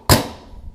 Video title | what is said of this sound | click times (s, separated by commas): AK47: How to load the 75rd Drum | So you'll hear that loud snapping noise, and that is | 0.1 s